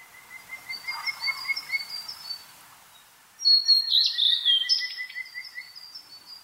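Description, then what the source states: Blue-and-white Flycatcher song: a loud burst of clear whistled and rich warbled notes, with soft trilling frog calls in the background. Summer visitor wintering in Southeast Asia, arriving in late April; male holds territory, singing actively from Mongolian oak treetops by the shore to call females; Lake Chuzenji, Oku-Nikko, Tochigi, Japan; Kajika frogs calling too.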